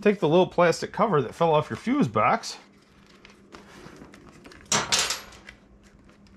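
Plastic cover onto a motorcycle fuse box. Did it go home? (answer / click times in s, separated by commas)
yes / 4.7 s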